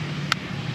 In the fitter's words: bunyi tek, tandanya itu sudah masuk.